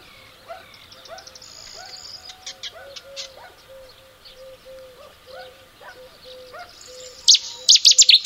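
Cetti's warbler giving a sudden loud burst of rapid, sharp high notes near the end, over steadily repeated low curved notes and faint chirps.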